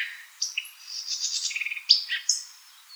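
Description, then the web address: White-eyed vireo giving a quick, varied phrase of sharp chips, a buzzy rattled middle section and high slurred notes, all within about two seconds, over a quiet background. Recorded 4 January 2007. "White-eyed Vireo 2007 01 04 White-eyed Vireo"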